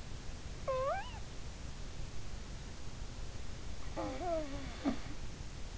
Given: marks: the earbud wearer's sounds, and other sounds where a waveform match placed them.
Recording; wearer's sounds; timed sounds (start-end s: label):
sounds in sleep by an in-ear microphone; snoring breath
0.67-1.21 s: snoring breath
3.95-5.07 s: snoring breath